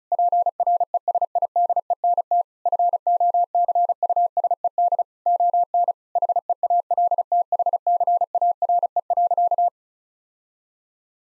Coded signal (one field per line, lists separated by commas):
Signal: Morse code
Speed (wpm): 34 wpm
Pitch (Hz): 700 Hz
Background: none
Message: PRESIDENT FOCUSED ON HEALTHCARE.